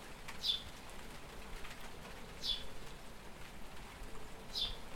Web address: pub SETE data Passer domesticus